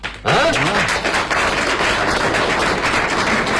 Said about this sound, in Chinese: 哎呀，感谢大家， 还没唱就鼓掌了， 太热情了。 嘿， 哎呀，谢谢谢谢大家的支持。